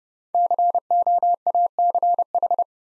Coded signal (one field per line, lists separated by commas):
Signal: Morse code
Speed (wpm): 28 wpm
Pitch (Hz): 700 Hz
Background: none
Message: COACH